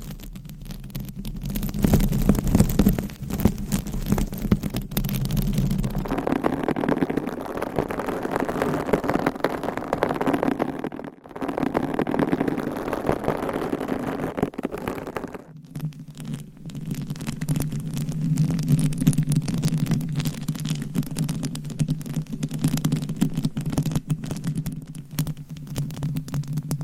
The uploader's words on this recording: ASMR with 60 MICS!Different Mic Covers & Nails Mic Scratching , Massage & More No Talking.